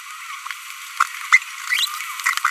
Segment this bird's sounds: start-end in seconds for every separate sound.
1.32-1.38, 1.67-1.85